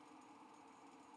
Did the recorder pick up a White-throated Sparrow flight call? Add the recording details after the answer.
no. No flight call is heard. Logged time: 09:21 on 5 December 2014